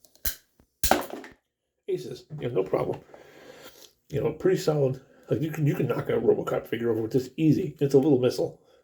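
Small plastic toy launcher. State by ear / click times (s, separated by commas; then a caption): not seated / none. A missile is handled by hand in the spring-loaded launcher of a 1990 plastic action-figure accessory, with two sharp taps near 0.3 and 0.8 seconds and a few small knocks just after, then someone talks. Nothing has seated or clicked yet; the clip ends before the launcher catch engages.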